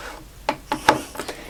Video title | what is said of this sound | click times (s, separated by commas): FMS Pitts 1400 mm (55.1") V2 PNP - Model AV8R Review | you can hear that lock into place. | 0.9 s